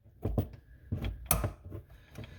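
A further flexible supply hose is pressed onto its quick-connect fitting on a Fransiton widespread faucet, with handling knocks around 0.4 s before a sharp snap at 1.3 s as it latches. The line is then tugged to check it, and it holds, seated on the fitting.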